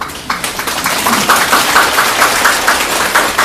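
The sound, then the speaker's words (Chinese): An audience at a Buddhist lecture breaks into applause: a dense, steady wash of many hands clapping for a few seconds, with faint rhythmic pulses running through it and no talking. “哎，第一个鼓掌的人打自己觉得自己已经不是菩萨了哈。”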